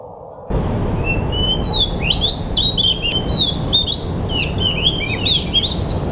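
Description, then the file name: Pied bush chat singing a continuous run of chirpy, squeaky twitters and quick up-and-down whistled notes after a short quiet start, with constant low-pitched hum underneath. Indonesian name decu; bird described as 'sudah jadi' (finished). "suara-burung-decu-sudah-jadi omkicau"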